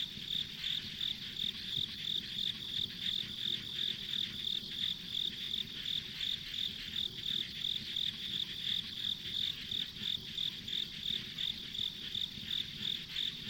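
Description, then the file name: Steady high-pitched insect chirps repeat without pause through the whole stretch, backed by a dense shrill hum and faint low rumble. Ambient insect sound recorded on a country road. "田舎道の虫の環境音"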